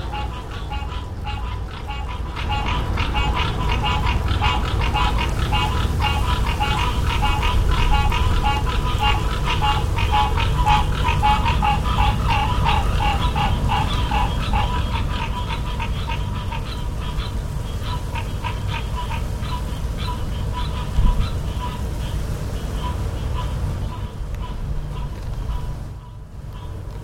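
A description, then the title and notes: Frogs call in a dense, steady chorus of rapid pulsing croaks over a low rumble of traffic, thinning briefly near the end. Frogs in a New Orleans courtyard. Recorded with a Sony M10 flash recorder, built-in microphones.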